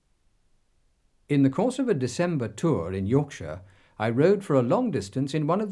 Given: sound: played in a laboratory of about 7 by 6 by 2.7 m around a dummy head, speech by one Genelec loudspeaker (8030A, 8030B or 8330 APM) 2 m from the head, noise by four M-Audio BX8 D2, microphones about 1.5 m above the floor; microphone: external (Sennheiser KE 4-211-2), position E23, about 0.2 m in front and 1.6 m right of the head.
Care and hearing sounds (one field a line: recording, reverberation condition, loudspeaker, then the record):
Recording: male speech in English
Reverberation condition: low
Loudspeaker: 90 degrees to the right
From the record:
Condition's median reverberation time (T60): about 310 ms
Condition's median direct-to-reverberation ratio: about 3.5 dB